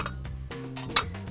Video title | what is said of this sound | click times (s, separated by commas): Little Giant Ladders - Xtreme with Ratchets - How To | You'll see that spring-loaded button pop into place. | 1.0 s